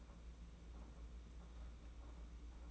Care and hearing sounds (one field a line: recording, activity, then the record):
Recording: daily activity, microphone in the room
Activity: take from stove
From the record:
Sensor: 1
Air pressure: 991.9 hPa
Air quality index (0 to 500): 216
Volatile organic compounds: 1000 ppm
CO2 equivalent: 8411 ppm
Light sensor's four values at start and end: 23/78/30/31 and 23/78/30/31